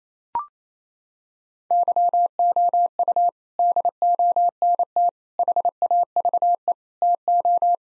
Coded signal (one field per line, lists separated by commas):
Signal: Morse code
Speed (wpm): 28 wpm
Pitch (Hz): 700 Hz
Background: none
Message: YOU DONT HAVE TO